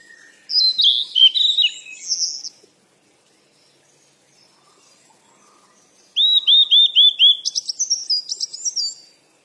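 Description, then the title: Bird song: a short burst of jumbled high chirps, a long quiet gap, then a rapid string of repeated slurred whistles and high twittering. Birds at play. "鸟儿嬉戏声"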